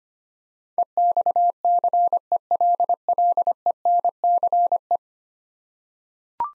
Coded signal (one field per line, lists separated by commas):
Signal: Morse code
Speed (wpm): 25 wpm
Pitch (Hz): 700 Hz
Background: none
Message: EXCELLENCE